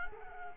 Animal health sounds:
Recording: mosquito wingbeat signal from an infrared sensor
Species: Culex quinquefasciatus

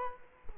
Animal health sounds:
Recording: mosquito wingbeat signal from an infrared sensor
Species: Culex quinquefasciatus

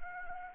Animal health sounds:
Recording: mosquito wingbeat signal from an infrared sensor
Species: Anopheles arabiensis

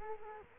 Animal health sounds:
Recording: mosquito wingbeat signal from an infrared sensor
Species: Culex quinquefasciatus

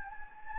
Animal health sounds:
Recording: mosquito wingbeat signal from an infrared sensor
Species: Anopheles gambiae

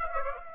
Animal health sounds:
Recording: mosquito wingbeat signal from an infrared sensor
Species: Aedes aegypti

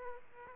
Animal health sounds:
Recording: mosquito wingbeat signal from an infrared sensor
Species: Aedes aegypti

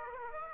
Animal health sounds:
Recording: mosquito wingbeat signal from an infrared sensor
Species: Aedes aegypti

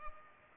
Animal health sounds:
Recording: mosquito wingbeat signal from an infrared sensor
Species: Culex pipiens

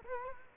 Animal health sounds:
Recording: mosquito wingbeat signal from an infrared sensor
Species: Culex quinquefasciatus

